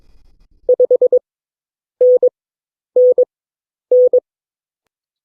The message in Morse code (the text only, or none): 5NNN